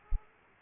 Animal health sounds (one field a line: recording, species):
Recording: mosquito wingbeat signal from an infrared sensor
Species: Aedes aegypti